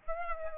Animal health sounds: mosquito wingbeat signal from an infrared sensor; Aedes albopictus

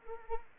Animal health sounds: mosquito wingbeat signal from an infrared sensor; Anopheles arabiensis

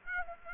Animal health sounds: mosquito wingbeat signal from an infrared sensor; Aedes aegypti

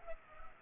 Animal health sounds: mosquito wingbeat signal from an infrared sensor; Culex pipiens

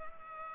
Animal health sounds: mosquito wingbeat signal from an infrared sensor; Culex pipiens

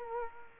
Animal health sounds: mosquito wingbeat signal from an infrared sensor; Culex quinquefasciatus

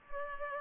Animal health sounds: mosquito wingbeat signal from an infrared sensor; Culex pipiens

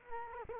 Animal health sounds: mosquito wingbeat signal from an infrared sensor; Culex quinquefasciatus

